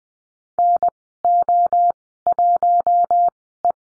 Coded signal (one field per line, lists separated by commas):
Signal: Morse code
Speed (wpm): 20 wpm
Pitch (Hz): 700 Hz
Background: none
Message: NO1E